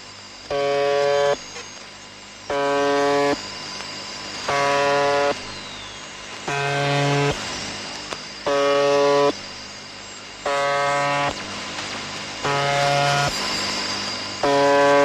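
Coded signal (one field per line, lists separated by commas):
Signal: channel marker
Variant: UVB-76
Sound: harsh low buzzes about a second long, roughly eleven in fifteen seconds, between static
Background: radio static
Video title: The Conet Project 432 - The Buzzer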